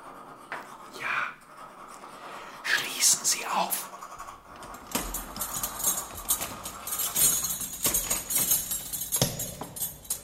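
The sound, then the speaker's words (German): A metal file rasps against the window bars of prison cell 13 in a series of harsh, gritty strokes, scratchy and bright, repeating in an uneven rhythm at moderate loudness with no talking. “Und wenn Sie auch noch so unschuldig aussehen, lieber Professor, eben standen Sie noch auf Ihrem Bett und waren sehr beschäftigt. An Ihrem Fenstergitter, wie es aussah. Gefeilt hat er, ist doch klar.”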